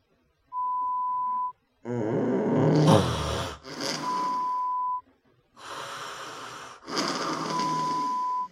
Snoring sound.